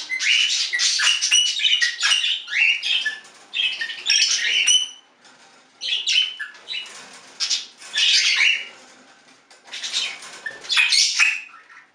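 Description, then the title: Budgerigar squawks and chatter: dense, harsh, high-pitched warbling bursts repeated in clusters with brief gaps. "Budgie Sounds"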